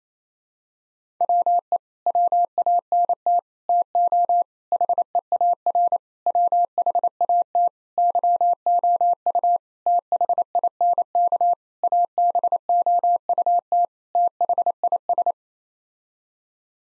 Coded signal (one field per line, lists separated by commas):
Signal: Morse code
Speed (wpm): 28 wpm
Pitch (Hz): 700 Hz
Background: none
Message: WE WANT TO HEAR WHAT YOU THINK ABOUT THIS